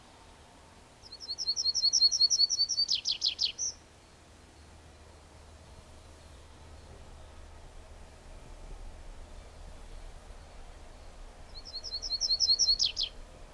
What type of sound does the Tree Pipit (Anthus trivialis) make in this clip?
song